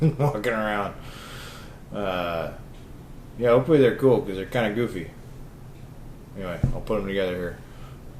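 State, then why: Not seated. Someone talks while handling a plastic headband part for FPV video goggles, getting ready to fit the goggle strap piece onto the goggle body. The headband part has not yet been pressed into the goggles, and nothing has seated or clicked yet.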